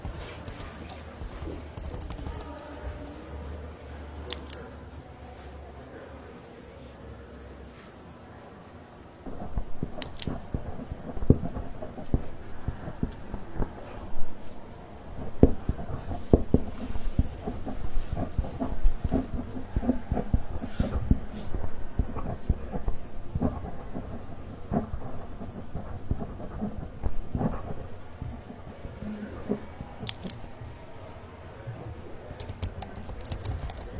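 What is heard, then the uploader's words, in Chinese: Library ambience with typing, writing and page turning. For the first nine seconds a low steady hum dominates; after that, dense irregular clicks and taps of typing and handling fill the rest, with occasional sharper knocks and rustles throughout. 公共图书馆沉浸式学习 图书馆环境音 打字声 写字翻书。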